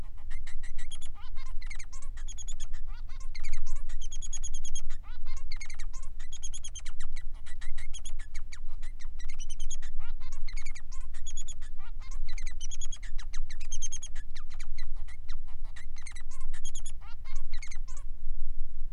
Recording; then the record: song of a male Bengalese finch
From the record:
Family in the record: son of father 3